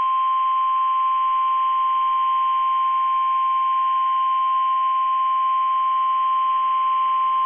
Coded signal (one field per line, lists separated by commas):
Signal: Emergency Alert System (SAME) tones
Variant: 1050 Hz attention tone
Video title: [VALID TONES] EAS Severe Thunderstorm Warning for Florida! (01/09/24) | irieomgfunny